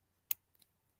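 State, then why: Seated. A small hook-and-eye jewelry clasp is fastened, the hook going into its eye with a sharp, bright click at 0.3 s. Two faint ticks follow around 0.6 s, and the clasp is seated.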